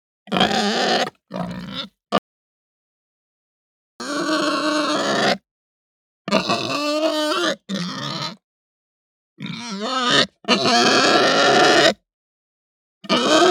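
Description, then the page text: Pig grunting, harsh rasping grunts and mumbling snorts in bursts of up to about one and a half seconds separated by silence. Angry grunting and mumbling. "Hampshire Pig Grunt Mumble Angry. Quick Sounds"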